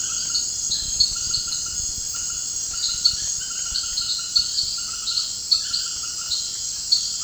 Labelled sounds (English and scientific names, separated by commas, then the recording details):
none
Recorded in pastures near Puerto Asís, Putumayo, Colombia, on 30 June 2025 at 18:30
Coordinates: 0.466, -76.322
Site GP07